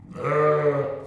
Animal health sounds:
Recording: contact call of a hoofed animal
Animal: sheep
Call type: low-frequency (closed-mouth) or high-frequency (open-mouth) call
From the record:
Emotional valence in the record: negative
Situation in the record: short social isolation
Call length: 1.07 s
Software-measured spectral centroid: 1190 Hz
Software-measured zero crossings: 1160 a second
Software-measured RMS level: -23 dBFS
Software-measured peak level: -10 dBFS

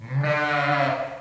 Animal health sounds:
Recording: contact call of a hoofed animal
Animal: sheep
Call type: low-frequency (closed-mouth) or high-frequency (open-mouth) call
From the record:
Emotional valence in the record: negative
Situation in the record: short social isolation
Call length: 1.20 s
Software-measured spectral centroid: 1850 Hz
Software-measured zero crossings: 1900 a second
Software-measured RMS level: -24 dBFS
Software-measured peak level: -9 dBFS

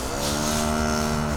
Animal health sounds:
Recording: contact call of a hoofed animal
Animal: cattle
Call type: low-frequency (closed-mouth) or high-frequency (open-mouth) call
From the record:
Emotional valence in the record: negative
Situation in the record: physical separation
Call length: 1.37 s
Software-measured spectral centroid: 4360 Hz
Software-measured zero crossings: 4300 a second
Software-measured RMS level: -24 dBFS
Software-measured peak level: -11 dBFS

